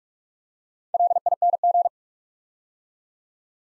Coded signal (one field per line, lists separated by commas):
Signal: Morse code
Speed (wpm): 44 wpm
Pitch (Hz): 700 Hz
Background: none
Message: LING